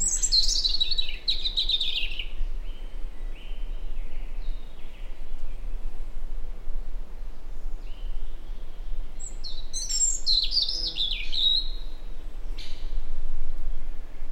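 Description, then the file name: European robin singing a cascading phrase of high, twinkling notes, a few soft thin whistles in between, then another sparkling burst later on; constant low rumble beneath. "Erithacus rubecula"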